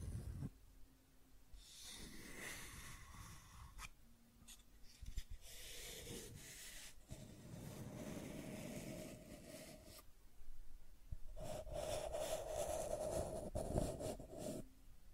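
Scratching and tracing strokes rasp in repeated bursts of a few seconds each, separated by short pauses, with a thin whining tone near the end.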